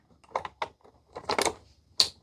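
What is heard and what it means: The removable plastic piece of an Ecovacs X11 Pro robot vacuum's mop roller assembly goes into its roller housing one end first, with light plastic clattering and scraping as it is handled. It is then pushed home and gives a single sharp, loud click at 2.0 s as it seats in place.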